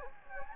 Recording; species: mosquito wingbeat signal from an infrared sensor; Anopheles gambiae